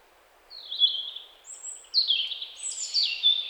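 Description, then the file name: European robin, high thin warbled phrases with a few sharper upper notes and sliding strokes, repeated in quick bursts against quiet background hiss. "Erithacus rubecula"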